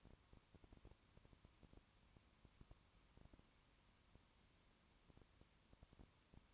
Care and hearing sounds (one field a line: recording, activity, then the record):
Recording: daily activity, microphone in the room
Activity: no activity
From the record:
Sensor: 1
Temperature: 19.2 degrees Celsius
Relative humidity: 37.8%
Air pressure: 1001.0 hPa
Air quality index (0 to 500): 197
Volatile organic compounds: 7 ppm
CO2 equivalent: 1992 ppm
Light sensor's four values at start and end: 1/2/1/1 and 1/2/1/1